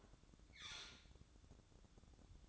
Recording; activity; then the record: daily activity, microphone in the room; open fridge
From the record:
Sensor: 3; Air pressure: 1007.7 hPa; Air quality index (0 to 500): 74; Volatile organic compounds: 1 ppm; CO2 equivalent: 653 ppm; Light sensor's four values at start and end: 12/29/12/12 and 12/29/12/12